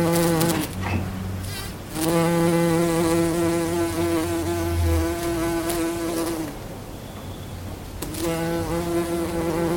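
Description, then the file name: Bumblebee buzzing: a steady, low droning hum that cuts out twice and resumes. "Hummel bee"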